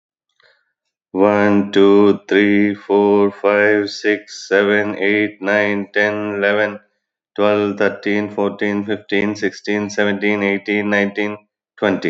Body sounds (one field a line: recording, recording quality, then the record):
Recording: counting at a normal pace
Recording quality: excellent, no background noise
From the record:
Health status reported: exposed to COVID-19, no respiratory illness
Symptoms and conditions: none ticked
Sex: male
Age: 48 years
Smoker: not ticked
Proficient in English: yes